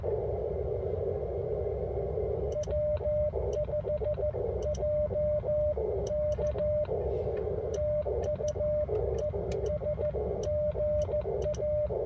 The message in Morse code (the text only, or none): W5JK TU ES GA